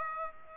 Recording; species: mosquito wingbeat signal from an infrared sensor; Aedes aegypti